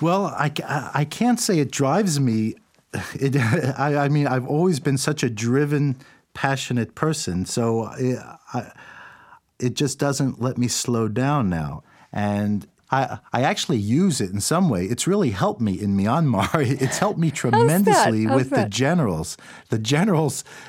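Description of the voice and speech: An adult man who has stuttered since childhood, for decades, speaks with repeated 'I' and stretched, held sounds before words, typical of stuttering disfluencies.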